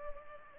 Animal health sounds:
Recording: mosquito wingbeat signal from an infrared sensor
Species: Culex pipiens

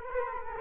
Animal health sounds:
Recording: mosquito wingbeat signal from an infrared sensor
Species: Culex quinquefasciatus

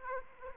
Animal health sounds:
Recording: mosquito wingbeat signal from an infrared sensor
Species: Aedes aegypti

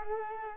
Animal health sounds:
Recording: mosquito wingbeat signal from an infrared sensor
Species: Culex quinquefasciatus

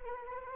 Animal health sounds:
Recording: mosquito wingbeat signal from an infrared sensor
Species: Anopheles arabiensis

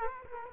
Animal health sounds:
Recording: mosquito wingbeat signal from an infrared sensor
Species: Culex quinquefasciatus

